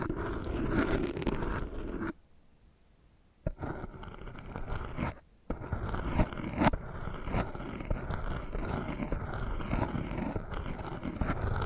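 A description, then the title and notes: Dense ear scratching fills the clip with rough rustling, broken by a near-silent pause around two to three seconds and a shorter one near five. ASMR Hypnotic First Person Triggers Ear Scratching, Face Brushing etc (No Talking).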